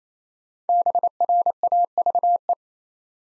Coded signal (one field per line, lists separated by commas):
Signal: Morse code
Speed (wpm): 27 wpm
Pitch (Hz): 700 Hz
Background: none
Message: BRAVE